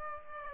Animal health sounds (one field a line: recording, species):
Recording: mosquito wingbeat signal from an infrared sensor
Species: Aedes aegypti